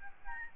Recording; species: mosquito wingbeat signal from an infrared sensor; Aedes albopictus